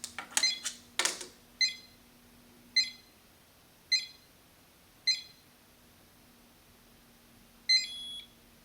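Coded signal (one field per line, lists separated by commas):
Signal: beep code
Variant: RFID keyless door lock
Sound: mechanical clicks, then five short electronic beeps evenly spaced, then one long beep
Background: low electrical hum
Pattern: 5 short, 1 long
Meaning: The master RFID card has been successfully programmed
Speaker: once all lights turn off remove the screwdriver and the master rfid has now been successfully programmed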